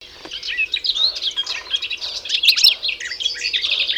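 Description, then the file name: European goldfinch song: a continuous stream of bright, tinkling twitters and liquid trills, high-pitched and rapidly varied throughout. "Carduelis carduelis"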